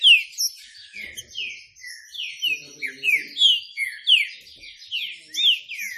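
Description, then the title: Green-winged saltator song, a continuous stream of bright descending whistled notes, with faint low chattering in the middle. Classic song style used as a training recording. "Canto Clássico Trinca Ferro TREINAMENTO"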